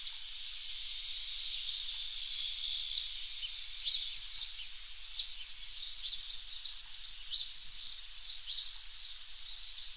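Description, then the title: Araucaria tit-spinetail with a high, fast, slightly descending trill lasting about two seconds amid many short high chirps. "LuckyPassaro Completos2Sama. Araucaria Tit-Spinetail (Leptasthenura setaria)"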